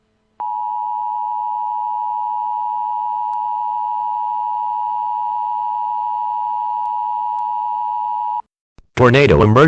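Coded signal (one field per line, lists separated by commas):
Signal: Emergency Alert System (SAME) tones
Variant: 853 and 960 Hz attention tone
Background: speech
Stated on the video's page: Remake of National Weather Service EAS tornado emergency alerts for an EF-3 tornado in Pasadena and Deer Park, Harris County, Texas.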